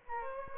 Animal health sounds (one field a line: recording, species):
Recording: mosquito wingbeat signal from an infrared sensor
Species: Aedes albopictus